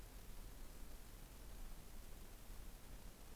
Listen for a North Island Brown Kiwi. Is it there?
no